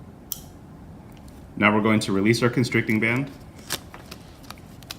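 A paramedic pulls back the needle of a safety IV catheter after advancing the catheter to the hub, and the needle's retraction mechanism clicks into place in its safety housing with one sharp click at 0.3 s. Someone then talks, and a few small handling taps follow.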